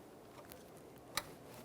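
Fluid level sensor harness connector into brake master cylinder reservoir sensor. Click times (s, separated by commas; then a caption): 1.2 s. A brake fluid level sensor wiring harness connector on a 2012-2015 Honda Civic is lined up and pressed onto the new master cylinder reservoir, with its locking tab down along the bottom. After a faint tick near 0.5 s, a sharp bright click sounds at 1.2 s as the connector seats. A light tug confirms it is secured.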